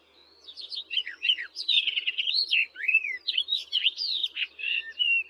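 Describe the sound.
Barred warbler song, a fast continuous warble of scratchy, chattering notes mixed with short whistled phrases, running without pause.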